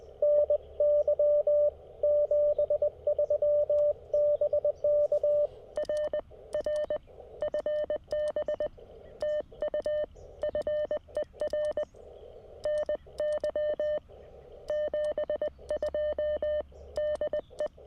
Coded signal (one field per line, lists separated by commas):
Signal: Morse code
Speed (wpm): 20 wpm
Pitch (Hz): 590 Hz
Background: none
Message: NY 73 BK R R FB TU FER NY 72 DE